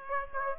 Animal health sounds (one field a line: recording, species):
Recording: mosquito wingbeat signal from an infrared sensor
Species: Aedes aegypti